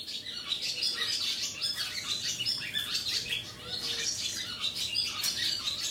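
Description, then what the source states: Barn swallows twittering, a steady stream of high chirps and short warbled notes from several birds, continuous throughout without pause. Barn swallows waking up in a horse stable in Ransdaal, in the heart of Limburg; sound described as very cosy.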